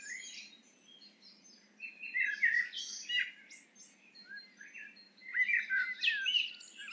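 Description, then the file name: Eurasian blackbird gives two song phrases, fluted melodic warbles ending in high twittering, over a soft low hum. "Turdus merula"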